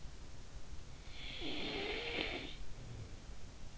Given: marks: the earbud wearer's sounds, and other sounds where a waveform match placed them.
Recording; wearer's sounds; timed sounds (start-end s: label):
sounds in sleep by an in-ear microphone; snoring breath
0.92-3.72 s: snoring breath